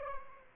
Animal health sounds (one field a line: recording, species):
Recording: mosquito wingbeat signal from an infrared sensor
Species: Aedes albopictus